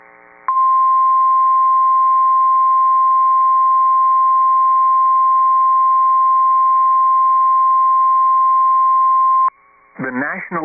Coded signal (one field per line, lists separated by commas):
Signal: Emergency Alert System (SAME) tones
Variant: 1050 Hz attention tone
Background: speech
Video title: Other EAS #1 - Tornado Warning in texas